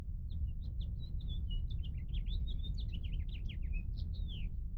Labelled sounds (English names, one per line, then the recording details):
House Finch song
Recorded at Lawrence on Long Island, New York, on 4 June 1975
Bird D